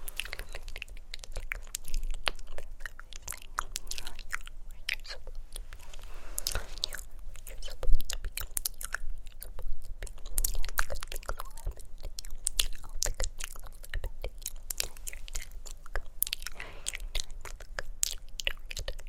Unintelligible Whispers and Hand Movements (Lots of Mouth Sounds)